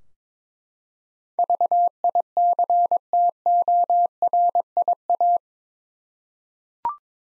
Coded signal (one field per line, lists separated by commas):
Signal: Morse code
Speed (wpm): 22 wpm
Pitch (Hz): 700 Hz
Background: none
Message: VICTORIA